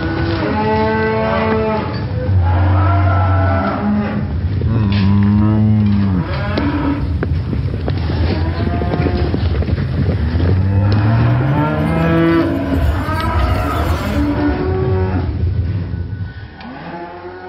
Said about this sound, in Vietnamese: Bọn tôi vội vàng bị chặt hai lỗ tai lại. Cũng không biết bao lâu sau, đàn bò kêu giống thảm thiết ấy mới xông hết qua cái rãnh.